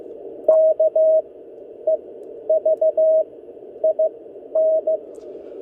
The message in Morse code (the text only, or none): KEVIN